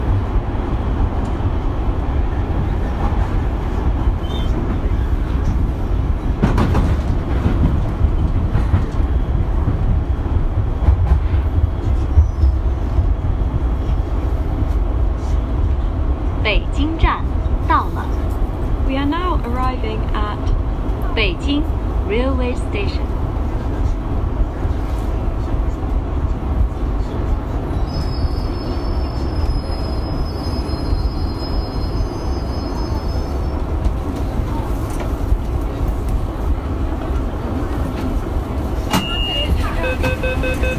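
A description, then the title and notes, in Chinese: A Beijing Line 2 subway ride rumbles steadily with low, dense noise, muffled voices, and a brief high electronic tone around thirty seconds. 北京地铁二号线。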